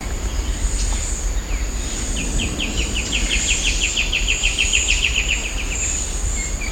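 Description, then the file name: Moustached antwren giving a long, rapid series of short, evenly spaced high notes over a steady high-pitched insect drone. "Myrmotherula ignota - Moustached Antwren"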